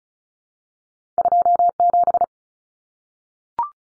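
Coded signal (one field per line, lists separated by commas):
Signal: Morse code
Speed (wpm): 34 wpm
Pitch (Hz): 700 Hz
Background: none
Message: 27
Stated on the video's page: Head-copy drill of common two-digit cut numbers at 35 wpm, T, A, N standing for 0, 1, 9; each number sent, spoken, then sent again.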